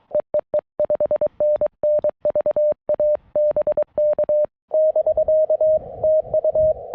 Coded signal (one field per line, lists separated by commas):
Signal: Morse code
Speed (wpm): 22 wpm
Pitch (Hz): 590 Hz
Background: none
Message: EEE 5NN VA BK <BK> TU